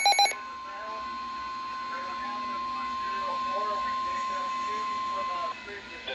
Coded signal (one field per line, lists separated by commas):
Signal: Emergency Alert System (SAME) tones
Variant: 1050 Hz attention tone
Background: speech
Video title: Severe Thunderstorm Warning EAS#70